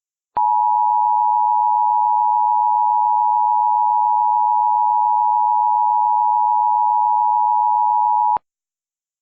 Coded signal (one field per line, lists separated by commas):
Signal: Emergency Alert System (SAME) tones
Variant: 853 and 960 Hz attention tone